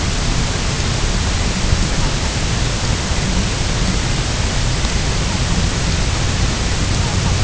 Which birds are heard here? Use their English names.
Herring Gull